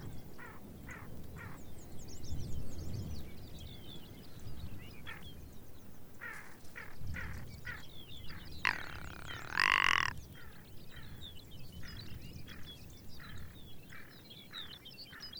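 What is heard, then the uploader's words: Arctic birds call over a low, rumbling background of wind. Short, evenly spaced chirps repeat through most of the stretch, with fine twittering song higher up. Just before ten seconds a loud, harsh, croaking call stands out briefly. Arctic Wildlife Refuge. Listen to Ptarmigan, longspurs, rough legged hawks, red necked phalarope and the arctics very own bluethroat.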